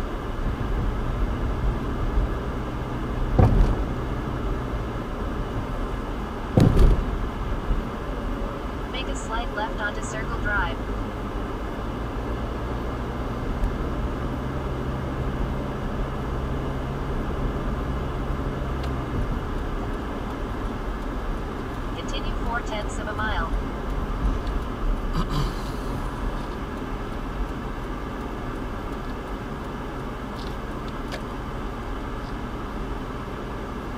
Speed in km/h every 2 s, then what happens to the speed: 56, 58, 60, 60, 47, 48, 50, 52, 58, 61, 63, 47, 37, 26, 18, 16, 13.
0-10 slows to 48. 10-20 speeds up to 63. 20-34 brakes to 13.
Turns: none.